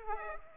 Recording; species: mosquito wingbeat signal from an infrared sensor; Aedes aegypti